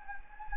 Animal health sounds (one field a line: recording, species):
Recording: mosquito wingbeat signal from an infrared sensor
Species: Anopheles gambiae